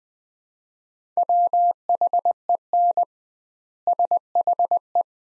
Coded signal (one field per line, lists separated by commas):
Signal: Morse code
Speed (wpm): 20 wpm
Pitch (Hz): 700 Hz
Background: none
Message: WHEN SHE